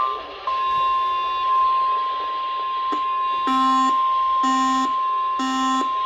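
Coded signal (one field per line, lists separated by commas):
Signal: Emergency Alert System (SAME) tones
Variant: 1050 Hz attention tone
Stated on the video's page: Compilation of real Emergency Alert System storm alerts from northern areas.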